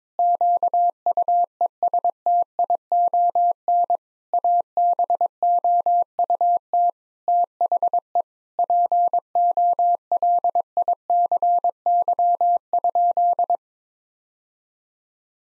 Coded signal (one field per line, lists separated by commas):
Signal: Morse code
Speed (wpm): 22 wpm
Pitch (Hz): 700 Hz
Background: none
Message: QUESTION ABOUT THE POLICY?